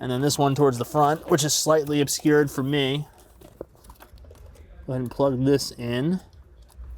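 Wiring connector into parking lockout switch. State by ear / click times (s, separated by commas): not seated / none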